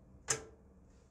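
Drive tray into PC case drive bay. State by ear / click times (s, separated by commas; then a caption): seated / 0.3 s. A drive tray is pushed into the drive bay of a DeepCool Matrexx 50 ATX mid tower case, locking in place so it goes no farther. A single sharp, bright click sounds at 0.3 s, then quickly fades into a quiet background. The tray is seated and secure.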